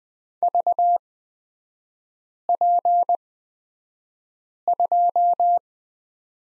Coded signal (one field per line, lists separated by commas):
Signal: Morse code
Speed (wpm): 20 wpm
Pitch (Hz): 700 Hz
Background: none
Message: VP2